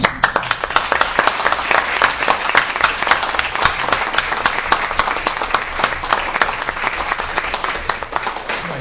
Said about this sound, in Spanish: Y les pido un aplauso.